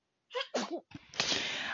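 Two short voiced catch breaths, an 'ah… ah' build-up, lead into a loud, hissing burst that trails off after about a second. This is a single typical sneeze from an adult in a small room, the second in a row.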